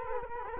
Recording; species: mosquito wingbeat signal from an infrared sensor; Culex quinquefasciatus